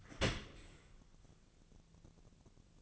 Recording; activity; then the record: daily activity, microphone in the room; open dishwasher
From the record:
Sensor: 4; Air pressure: 1001.3 hPa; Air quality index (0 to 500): 179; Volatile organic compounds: 2 ppm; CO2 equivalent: 1280 ppm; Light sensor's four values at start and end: 11/26/11/11 and 11/25/10/11